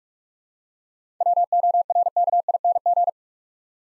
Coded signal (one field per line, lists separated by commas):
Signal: Morse code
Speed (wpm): 46 wpm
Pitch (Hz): 700 Hz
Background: none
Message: WORKING